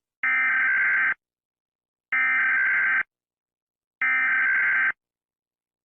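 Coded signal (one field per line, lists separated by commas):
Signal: Emergency Alert System (SAME) tones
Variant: header bursts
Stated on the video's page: Fictional EAS scenario, simulated alert.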